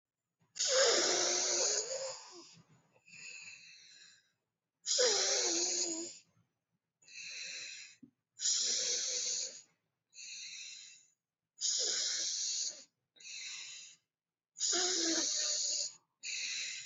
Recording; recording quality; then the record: deep breathing; excellent, no background noise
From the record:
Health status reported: healthy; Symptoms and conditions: none ticked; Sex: female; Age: 33 years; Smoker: not ticked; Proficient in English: yes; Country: India